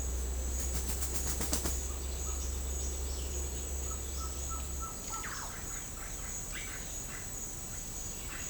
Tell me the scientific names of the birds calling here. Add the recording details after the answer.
Trogon viridis. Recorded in pastures near Puerto Asís, Putumayo, Colombia, on 20 December 2024 at 11:30. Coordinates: 0.496, -76.326. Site G004